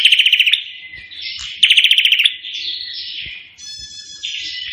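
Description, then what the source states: Prinia giving two quick staccato rattles of high ticking notes, each followed by drawn-out buzzy phrases. Indonesian prenjak singing energetically (gacor); song style called suara tembakan AK-47, the AK-47 gunfire sound.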